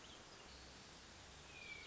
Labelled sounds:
Hermit Thrush
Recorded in Sonoma County, California

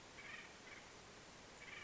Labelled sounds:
Acorn Woodpecker
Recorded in Sonoma County, California

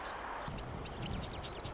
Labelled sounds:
Marsh Wren
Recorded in Sonoma County, California

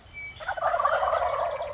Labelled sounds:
Wild Turkey
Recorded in Sonoma County, California

